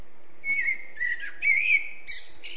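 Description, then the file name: Eurasian blackbird singing three quick warbled whistled notes, followed by a scratchy high-pitched twitter at the close. "Turdus merula"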